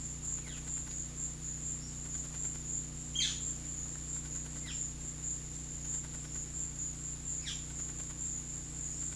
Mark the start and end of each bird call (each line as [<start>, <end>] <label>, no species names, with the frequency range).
[0.41, 0.63] bird call (1.1-4.7 kHz)
[3.12, 3.44] bird call (1.6-7.2 kHz)
[4.58, 4.85] bird call (1.0-5.8 kHz)
[7.35, 7.71] bird call (1.1-6.5 kHz)